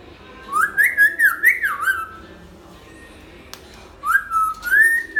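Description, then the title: Hill myna whistling wavering, rising and falling phrases, then a pause with a sharp click before a final rising whistled phrase. Hill myna singing actively; recording made as a tutor for training other birds. "Suara Burung Beo Gacor Cocok Untuk Masteran"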